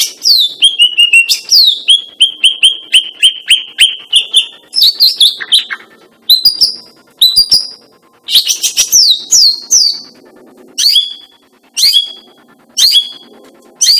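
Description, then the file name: Greater green leafbird singing a long string of high, downslurred whistled notes in repeated phrases, broken by quick chattering bursts and short pauses. Female. "cucak ijo betina"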